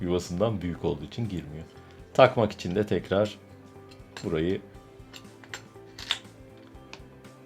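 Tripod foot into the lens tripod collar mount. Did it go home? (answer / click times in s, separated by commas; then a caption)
yes / 6.1 s. A tripod foot is slid back into its mount on the tripod collar of a Fujifilm 150-600mm super telephoto lens while someone talks. After the talk, small metallic taps and scrapes follow, and the foot clicks into place at 6.1 s, seated and ready for its screw to be tightened.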